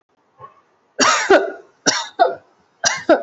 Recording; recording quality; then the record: heavy voluntary cough; excellent, no background noise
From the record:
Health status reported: COVID-19 positive, mild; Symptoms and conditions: cough, cold, sore throat, fever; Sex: female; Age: 23 years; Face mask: not worn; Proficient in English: yes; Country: India